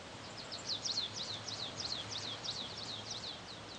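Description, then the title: Stripe-tailed yellow finch song: a rapid series of high, thin, down-slurred chirps, with a low steady hum beneath. Nominate subspecies, Sicalis citrina citrina. "LuckyPassaro Completos2Sama. Stripe-tailed Yellow Finch"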